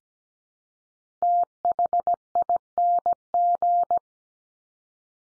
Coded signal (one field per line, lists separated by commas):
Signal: Morse code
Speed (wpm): 17 wpm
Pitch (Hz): 700 Hz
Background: none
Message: THING